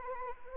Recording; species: mosquito wingbeat signal from an infrared sensor; Anopheles arabiensis